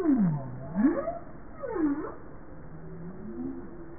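Bowhead whale calls: a long descending-then-rising moan, then a shorter V-shaped swoop, followed by faint low tonal hums against underwater background noise.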